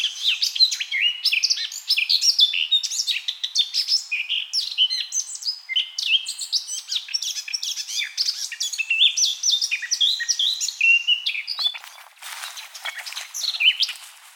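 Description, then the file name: Eurasian blackcap warbling continuously for about eleven seconds with quick chirps and whistled slurs, followed by a burst of hissing noise near the end. "Sylvia atricapilla"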